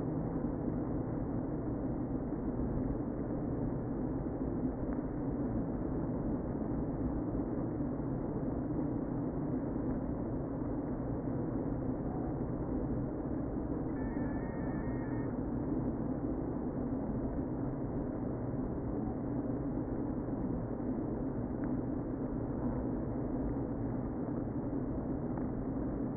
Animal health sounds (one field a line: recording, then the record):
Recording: honeybee colony, microphone inside the hive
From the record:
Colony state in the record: queen present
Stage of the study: before two queens were removed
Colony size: about 60,000 bees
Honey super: yes